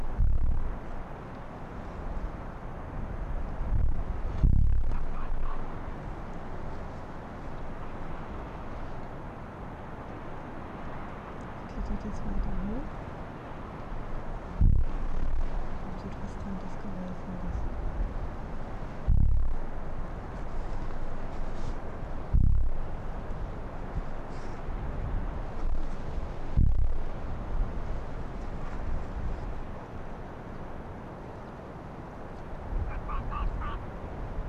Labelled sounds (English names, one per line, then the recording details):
Arctic Fox
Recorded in the wild
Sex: female
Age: adult
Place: Insel Mednyi, Kommandeur-Inseln, RU
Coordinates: 54.5167, 168.083
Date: 1999-08-01 19:19
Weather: 10°C, heiter bis bedeckt, mäßiger Südwestwind
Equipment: Sony WM-D6C, Sennheiser ME 80, K 30 AV, Windkorb, Kopie Tascam DA 30
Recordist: Jakupi, Antje
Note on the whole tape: Südosten der Insel, Gerölltal: Bellstrophen der Fähe blau/weiss im unteren südöstlichen Teil des Geröllfeldes. Entfernung ca. 150 m